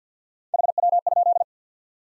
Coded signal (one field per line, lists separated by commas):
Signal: Morse code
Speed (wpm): 52 wpm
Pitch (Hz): 700 Hz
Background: none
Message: HW?